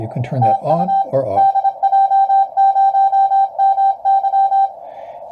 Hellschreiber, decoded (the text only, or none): none